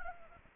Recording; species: mosquito wingbeat signal from an infrared sensor; Anopheles arabiensis